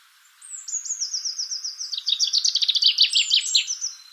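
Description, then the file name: Common chaffinch song: a series of thin sliding high notes leading into a dense descending trill that fills the second half. "Fringilla coelebs"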